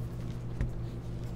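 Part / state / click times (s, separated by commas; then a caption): detachable keyboard onto tablet keyboard case / seated / 0.6 s. A detachable keyboard is brought to a keyboard case for an iPad 10th Gen tablet and held by a strong magnet. Against a steady low hum, a single short snap is heard at 0.6 s as the keyboard seats in place.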